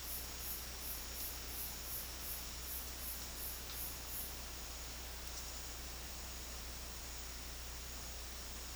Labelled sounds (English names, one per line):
none